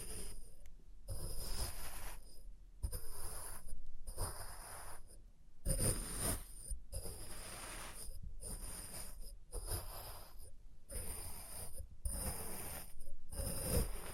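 Test tube triggers come as roughly one-second bursts of scraping and rattling, each with a faint high glassy ringing, separated by brief silences.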